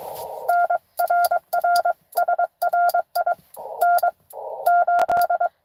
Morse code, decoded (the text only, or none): N RR SRI N8